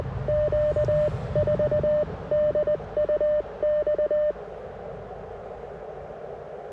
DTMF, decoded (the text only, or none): none